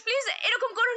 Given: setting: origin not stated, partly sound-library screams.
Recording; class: one-second piece from a danger detection set; woman in danger